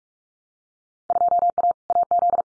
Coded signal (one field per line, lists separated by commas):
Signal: Morse code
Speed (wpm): 44 wpm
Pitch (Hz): 700 Hz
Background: none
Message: 2A AZ